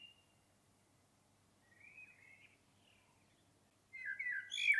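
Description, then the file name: Common blackbird song phrase, a faint warble near the middle followed by a louder, rich chattering flourish at the end. "Turdus merula"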